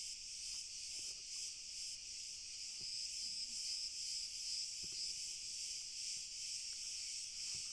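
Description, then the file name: Crickets in chorus: a steady, high, shimmering trill with a gentle pulsing beat and many insects overlapping, and little else audible. "Grillen Chor"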